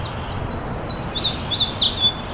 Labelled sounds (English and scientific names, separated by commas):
House Finch (Haemorhous mexicanus) song